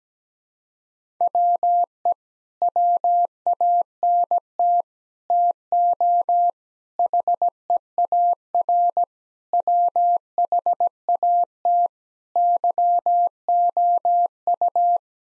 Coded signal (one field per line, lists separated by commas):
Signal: Morse code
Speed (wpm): 17 wpm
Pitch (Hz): 700 Hz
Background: none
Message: WE WANT TO HEAR WHAT YOU